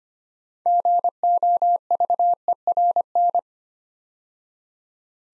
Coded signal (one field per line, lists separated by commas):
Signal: Morse code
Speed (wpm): 25 wpm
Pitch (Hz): 700 Hz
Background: none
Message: GOVERN